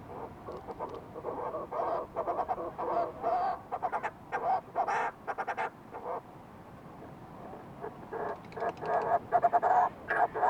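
Fulmar prion calls: grating, pulsed chatter in stuttering runs, a quieter gap midway, then loud rasping notes return toward the end.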